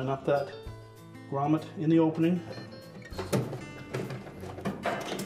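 A rubber grommet on a GE washer's suspension arm is lined up in the washer cabinet's corner opening while someone talks over background music, with a few brief handling knocks. Nothing has seated or clicked yet; the grommet has not snapped into place.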